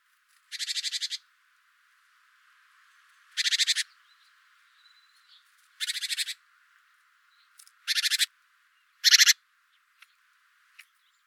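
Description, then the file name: Great tit giving harsh, buzzy rattling calls in several short grating bursts, spaced irregularly, with a few faint ticks between. "Parus major"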